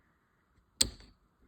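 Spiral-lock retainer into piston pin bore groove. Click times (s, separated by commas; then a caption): 0.8 s. A spiral-lock wrist pin retainer is rolled with a screwdriver into the groove of an aluminium piston pin bore on a Summit Pro LS piston for a Turbo S10. A single sharp, bright snap with high ringing overtones comes at 0.8 s and fades out by about 1.1 s, with quiet surroundings before and after. The retainer pops into the groove and is seated.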